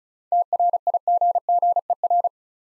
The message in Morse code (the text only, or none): TRIGGER